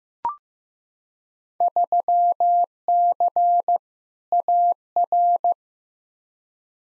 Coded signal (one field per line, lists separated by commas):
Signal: Morse code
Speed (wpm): 15 wpm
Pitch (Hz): 700 Hz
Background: none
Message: 3C AR